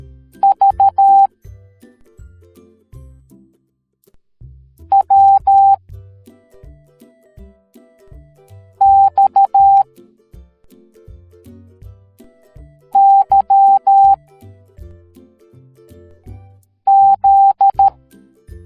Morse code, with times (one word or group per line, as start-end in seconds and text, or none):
0.4-1.3 V
4.9-5.7 W
8.8-9.8 X
13.0-14.1 Y
16.9-17.9 Z